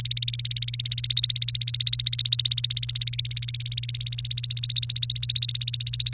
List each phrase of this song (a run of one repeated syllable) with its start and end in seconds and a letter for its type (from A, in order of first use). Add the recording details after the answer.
0.00-6.13 A. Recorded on 29 April 2018 at 07:57. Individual llb3